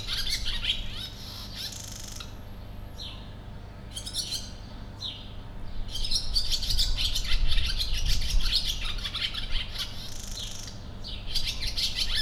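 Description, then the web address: Sand martin twittering in bursts of harsh, scratchy chirps that come and go, with gaps between flurries and a deep rumble swelling in the background. Recorded in nature in 2016; place given as Potamia. "allathangok termeszetben partifecske 2016 kakasesszelis potamia"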